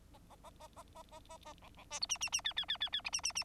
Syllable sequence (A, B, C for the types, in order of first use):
A A A A A A A A A B B C D E E E F F F F F E E E